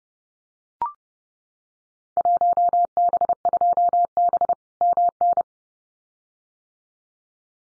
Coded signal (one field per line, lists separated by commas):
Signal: Morse code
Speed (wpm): 30 wpm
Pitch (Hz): 700 Hz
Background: none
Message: 1B2B MN